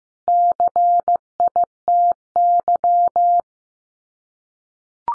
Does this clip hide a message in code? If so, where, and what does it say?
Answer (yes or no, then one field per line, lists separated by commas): yes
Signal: Morse code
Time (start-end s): 0.3-3.4 s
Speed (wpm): 15 wpm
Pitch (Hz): 700 Hz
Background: none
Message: CITY